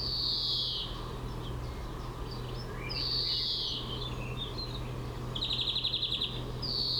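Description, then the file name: European greenfinch singing long wheezy buzzes and scattered twittering notes, then a fast mechanical trill near the end; a constant low hum underneath. "Chloris chloris"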